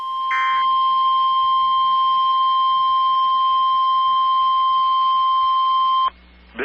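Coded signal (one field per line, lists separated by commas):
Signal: Emergency Alert System (SAME) tones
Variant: 1050 Hz attention tone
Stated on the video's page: Live stream.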